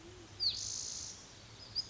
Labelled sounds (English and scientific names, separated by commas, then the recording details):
Pacific Wren (Troglodytes pacificus)
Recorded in Sonoma County, California